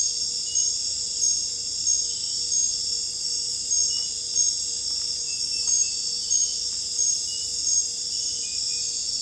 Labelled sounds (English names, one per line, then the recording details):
none
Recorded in secondary vegetation near Puerto Asís, Putumayo, Colombia, on 26 December 2024 at 23:30
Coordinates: 0.484, -76.319
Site GP06